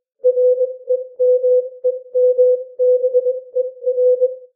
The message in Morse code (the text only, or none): REMEMBER